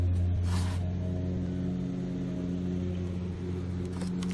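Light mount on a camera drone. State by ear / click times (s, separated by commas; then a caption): not seated / none. A Lume Cube LC-KARMA11 plastic mount for a small LED cube light is being fitted onto the body of a GoPro Karma camera drone. Steady low tonal music plays throughout, with faint handling noise and two brief soft taps near 4.2 and 4.3 seconds. The clip ends before the mount goes home: nothing has seated or clicked yet.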